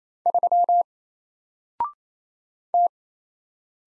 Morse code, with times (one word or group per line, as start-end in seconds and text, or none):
0.3-0.8 3
2.7-2.9 T